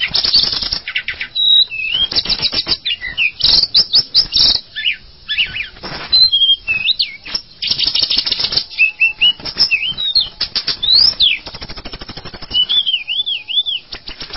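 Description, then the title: Java sparrow song of dense clicking chatter interspersed with wavering whistled notes, ending in a run of looping rising and falling whistles. "kicau gelatik"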